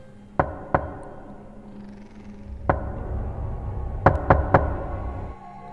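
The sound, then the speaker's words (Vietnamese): Sharp knocks on a door at exactly 2 a.m. come in uneven groups, two, then one, then a quick run of three, over a steady low rumbling background with no talking. “Đêm hôm sau, đúng 2 giờ đêm, lại có tiếng gõ cửa.”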